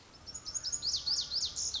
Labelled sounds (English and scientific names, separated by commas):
Lazuli Bunting (Passerina amoena)